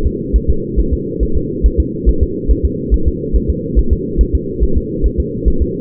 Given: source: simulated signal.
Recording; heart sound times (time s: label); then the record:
fetal heart sounds
0.06 s: S2
0.36 s: S1
0.50 s: S2
0.80 s: S1
0.94 s: S2
1.23 s: S1
1.37 s: S2
1.66 s: S1
1.80 s: S2
2.09 s: S1
2.23 s: S2
2.51 s: S1
2.65 s: S2
2.94 s: S1
3.08 s: S2
3.36 s: S1
3.50 s: S2
3.79 s: S1
3.93 s: S2
4.21 s: S1
4.35 s: S2
4.64 s: S1
4.77 s: S2
5.06 s: S1
5.20 s: S2
5.48 s: S1
5.62 s: S2
From the record:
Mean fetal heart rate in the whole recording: 140 bpm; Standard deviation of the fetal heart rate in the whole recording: 2 bpm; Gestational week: 34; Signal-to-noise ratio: -8.1 dB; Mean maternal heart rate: 72 bpm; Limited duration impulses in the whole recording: present